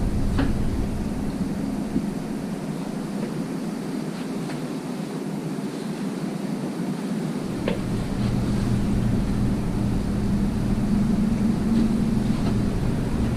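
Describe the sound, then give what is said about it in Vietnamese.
A steady, loud mechanical drone of an air conditioner nearly 50 years old in the Bothwell hotel in Sedalia hums on without pause, a low rumbling engine-like whir with a band of hiss above it, shifting slightly partway through as the low hum thickens. “Đây là cái máy lạnh ít nhất là cũng gần hơn 50 năm rồi.”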